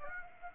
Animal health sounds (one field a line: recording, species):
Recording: mosquito wingbeat signal from an infrared sensor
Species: Aedes aegypti